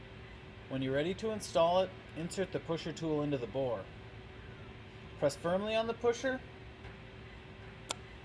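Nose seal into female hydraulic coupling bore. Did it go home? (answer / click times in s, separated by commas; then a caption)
yes / 7.9 s. Someone talks while a new nose seal is pressed firmly with a pusher tool into the groove in the bore of a female hydraulic coupling, over a steady low hum. One short, sharp click sounds at 7.9 s as the seal seats in the groove.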